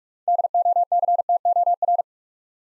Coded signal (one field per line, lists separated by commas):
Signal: Morse code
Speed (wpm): 41 wpm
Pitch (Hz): 700 Hz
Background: none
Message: DOCTOR